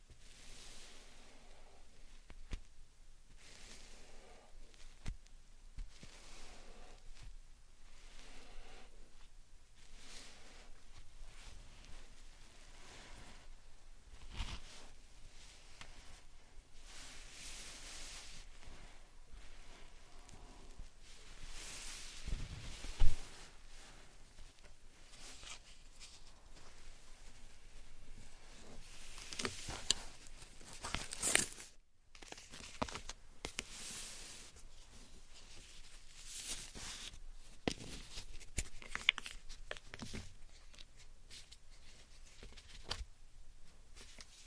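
Slime and sand triggers make soft, wet crinkling and tearing sounds in irregular bursts, with a sharper squish near 23 seconds and a brief silence around 32.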